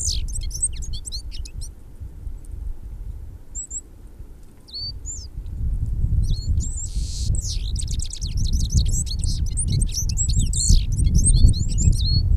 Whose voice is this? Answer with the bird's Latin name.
Carduelis citrinella